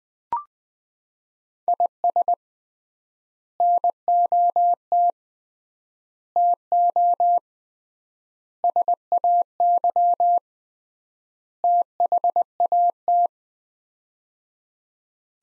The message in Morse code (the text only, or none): IS NOT TO SAY THAT